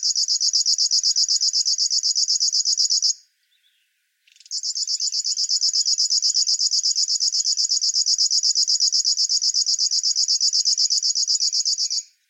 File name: Schlagschwirl - Locustella fluviatilis